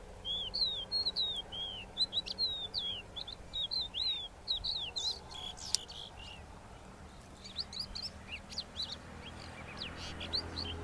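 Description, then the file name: Crested lark calls: a fast run of short whistled, slurred chirps, then a pause and scattered higher squeaky notes. "Crested lark alok"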